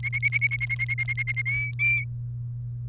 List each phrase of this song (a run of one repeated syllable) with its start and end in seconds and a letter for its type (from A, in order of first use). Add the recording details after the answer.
0.03-1.42 A, 1.46-2.04 B. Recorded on 30 April 2018 at 16:21. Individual llb3